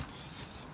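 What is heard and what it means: A pickup truck's metal door is swung shut, its latch meant to catch the striker on the door pillar, with the fault suspected to be in the door or the seat. A brief sharp knock at 0.0 s gives way to a steady broadband noise for the rest of the clip. The door latch does not catch, and nothing has latched or clicked.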